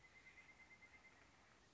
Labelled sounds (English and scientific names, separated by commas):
Pileated Woodpecker (Dryocopus pileatus)